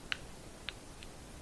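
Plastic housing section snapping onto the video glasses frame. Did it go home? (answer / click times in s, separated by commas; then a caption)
yes / 0.1 s, 0.7 s. A plastic housing section is pressed onto the frame of a pair of video glasses during reassembly, and its snap clips engage with sharp ticks at 0.1 s and 0.7 s. A fainter tick follows at 1.0 s. The housing clips are seated in place.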